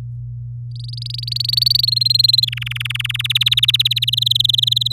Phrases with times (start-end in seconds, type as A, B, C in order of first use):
0.76-1.81 A, 1.83-2.45 B, 2.47-3.22 C, 3.24-4.05 D, 4.07-4.92 E